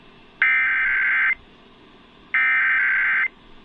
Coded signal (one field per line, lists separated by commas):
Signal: Emergency Alert System (SAME) tones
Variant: header bursts